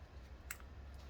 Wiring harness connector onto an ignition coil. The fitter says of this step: and make sure you hear it click.